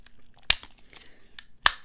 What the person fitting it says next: nice positive click absolutely no rattle super lightweight